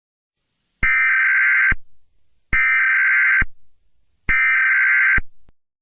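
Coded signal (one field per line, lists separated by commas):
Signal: Emergency Alert System (SAME) tones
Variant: header bursts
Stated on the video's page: Fictional EAS scenario, not a real broadcast alert.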